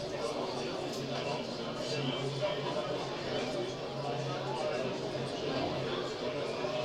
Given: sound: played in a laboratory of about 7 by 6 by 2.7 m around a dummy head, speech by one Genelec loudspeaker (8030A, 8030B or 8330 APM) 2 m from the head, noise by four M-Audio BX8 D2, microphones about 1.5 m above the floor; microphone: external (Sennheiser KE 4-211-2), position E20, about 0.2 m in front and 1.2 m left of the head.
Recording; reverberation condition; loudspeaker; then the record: cafeteria noise; low; four, about 170 cm from the corners of the room and facing them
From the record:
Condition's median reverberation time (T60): about 310 ms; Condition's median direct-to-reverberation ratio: about 3.5 dB